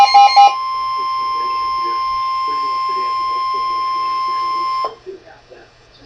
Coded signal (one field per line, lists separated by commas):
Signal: Emergency Alert System (SAME) tones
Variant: 1050 Hz attention tone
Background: speech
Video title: Severe Thunderstorm Warning - EAS #389